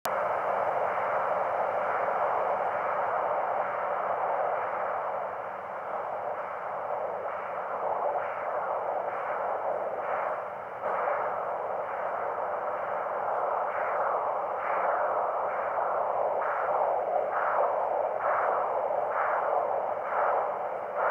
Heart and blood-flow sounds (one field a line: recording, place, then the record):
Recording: Doppler ultrasound of blood flow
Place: carotid artery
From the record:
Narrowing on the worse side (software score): moderate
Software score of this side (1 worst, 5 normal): 3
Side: left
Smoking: never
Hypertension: no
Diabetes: no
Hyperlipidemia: no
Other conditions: esophageal varices banding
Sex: female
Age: 62 years